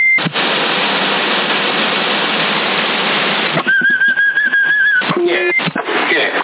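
A steady hiss of radio static gives way to a wavering, mid-pitched whistle carried over a CB radio channel in Sassari, Italy, in September 2022, lasting about a second, followed by short beeping tones and crackle.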